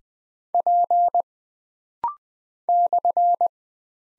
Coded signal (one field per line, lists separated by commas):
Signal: Morse code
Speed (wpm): 20 wpm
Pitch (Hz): 700 Hz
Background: none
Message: P /